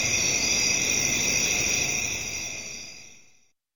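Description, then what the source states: Crickets trilling in a high, steady chorus that fades smoothly away to silence after about three and a half seconds. Night-time crickets in a residential area, with traffic in the background.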